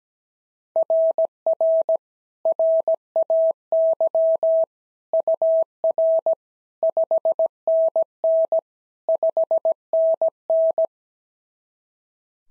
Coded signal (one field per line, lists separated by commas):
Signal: Morse code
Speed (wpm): 16 wpm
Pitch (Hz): 650 Hz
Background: none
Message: RR RAY UR 5NN 5NN